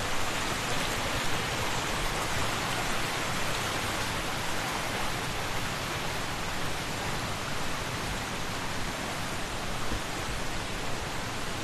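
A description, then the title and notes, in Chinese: A mountain stream rushes in a dense, unbroken roar that holds steady for the whole twelve seconds. The water hisses brightly on top with a soft low rumble beneath, and no separate events break through. 贵船神社顺流而下。Kifune Shrine Walking Down。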